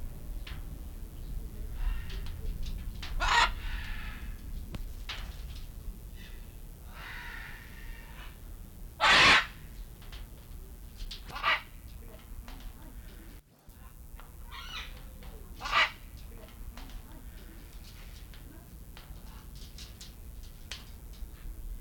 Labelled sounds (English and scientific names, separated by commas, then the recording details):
Scarlet Macaw (Ara macao) call
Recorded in captivity
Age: adult
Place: Zoo Berlin, Berlin, DE
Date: 1994-08-06 11:09
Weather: wolkig bis heiter, 20-27°C
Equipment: Marantz CP 430, Sennheiser ME 80, Kopie Uher Variocord 263
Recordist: Tembrock, Günter
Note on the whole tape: Diverse Laute, kommt zum Mikro